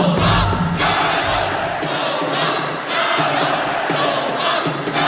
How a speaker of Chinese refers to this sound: 站在总决赛的赛场上，我的心跳和着现场10000多名北京球迷的呐喊。